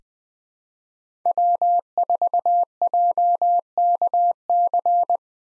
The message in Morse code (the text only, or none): W4JKC